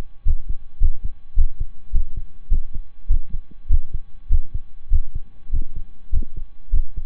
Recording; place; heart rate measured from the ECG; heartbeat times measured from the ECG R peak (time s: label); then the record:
heart sounds by stethoscope; between the tricuspid and mitral areas; 102 bpm
0.25 s: heartbeat
0.80 s: heartbeat
1.36 s: heartbeat
1.92 s: heartbeat
2.50 s: heartbeat
3.09 s: heartbeat
3.69 s: heartbeat
4.29 s: heartbeat
4.90 s: heartbeat
5.52 s: heartbeat
6.12 s: heartbeat
6.72 s: heartbeat
From the record:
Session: slow and fast walking with breaks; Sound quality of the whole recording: saturated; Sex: male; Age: 25 years